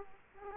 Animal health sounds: mosquito wingbeat signal from an infrared sensor; Aedes aegypti

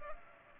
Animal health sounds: mosquito wingbeat signal from an infrared sensor; Culex pipiens

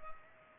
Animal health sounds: mosquito wingbeat signal from an infrared sensor; Culex pipiens

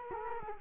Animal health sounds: mosquito wingbeat signal from an infrared sensor; Culex quinquefasciatus

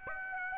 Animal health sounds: mosquito wingbeat signal from an infrared sensor; Aedes aegypti

